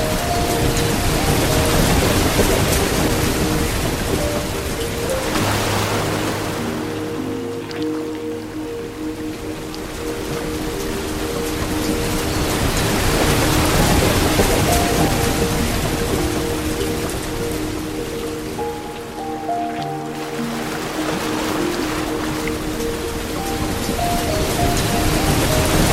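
Soft sustained piano notes drift over a steady, dense rush of flowing water that swells and eases in slow waves throughout.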